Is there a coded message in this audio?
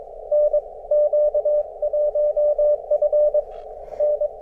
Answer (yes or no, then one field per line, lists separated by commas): yes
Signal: Morse code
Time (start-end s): 0.3-4.3 s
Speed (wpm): 22 wpm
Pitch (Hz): 590 Hz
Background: none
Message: NQ1F N